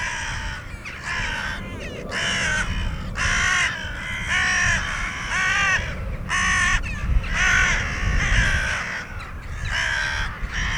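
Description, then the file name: Carrion crow giving harsh, hoarse caws roughly once a second in an uneven series over a steady low rumble. "Corvus corone"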